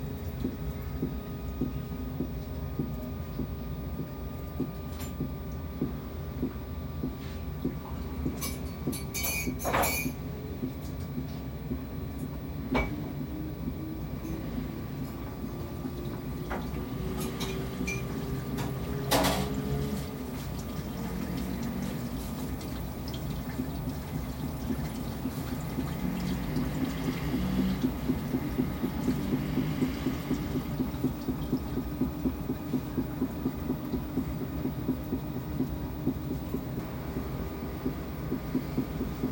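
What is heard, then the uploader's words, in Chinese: A washing machine runs steadily, its low, dense rumble churning with a regular pulsing rhythm throughout. A few sharp knocks or clicks stand out near 10, 13 and 19 seconds, and the drum grows slightly louder toward the end. 洗衣機。轉一轉洗一洗。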